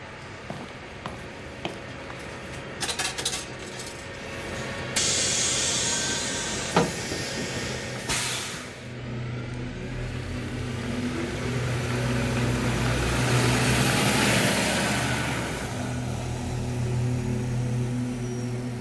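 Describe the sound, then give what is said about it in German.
A bus pulls up with a hiss of air brakes, its engine rumbling low, then revs and drives away, the roar swelling and fading. “Dein Bus.”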